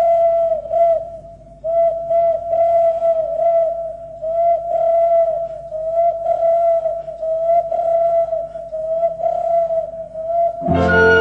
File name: นกเขาขันฯ ทูล